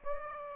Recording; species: mosquito wingbeat signal from an infrared sensor; Aedes aegypti